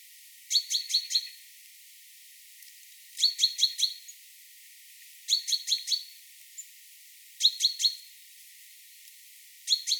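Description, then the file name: Great tit calls: repeated bursts of about four sharp, high notes, roughly every two seconds, with quiet gaps between. "Parus major"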